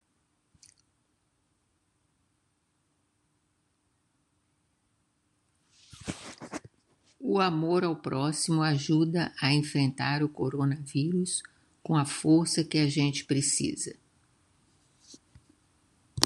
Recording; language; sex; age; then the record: spoken sentence; Brazilian Portuguese; female; 70 to 79 years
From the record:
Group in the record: control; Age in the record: 74 years